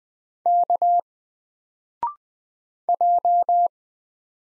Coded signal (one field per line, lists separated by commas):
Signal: Morse code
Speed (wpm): 20 wpm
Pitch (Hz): 700 Hz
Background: none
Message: K J